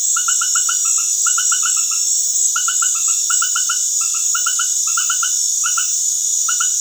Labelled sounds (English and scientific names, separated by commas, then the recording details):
none
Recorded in dense forest near Puerto Asís, Putumayo, Colombia, on 20 February 2024 at 19:00
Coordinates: 0.505, -76.324
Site G6467